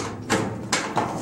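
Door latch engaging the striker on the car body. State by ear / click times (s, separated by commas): seated / 0.7 s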